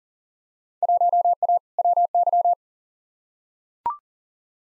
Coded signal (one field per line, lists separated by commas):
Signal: Morse code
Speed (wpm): 40 wpm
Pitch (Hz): 700 Hz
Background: none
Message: 1A WY